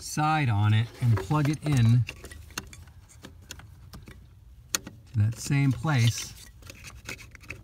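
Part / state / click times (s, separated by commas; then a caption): module wiring plug into the vehicle's throttle-pedal harness socket / seated / 7.5 s. Someone talks, then pushes the large female-side plug of a new electronic throttle-controller module into the throttle-pedal socket of a Mitsubishi Montero Gen3 NP 3.8L, where the factory plug used to be. Light ticks and rattles of handling come between the speech, with a sharp tick near 4.8 s. The connector clicks in and seats at 7.5 s.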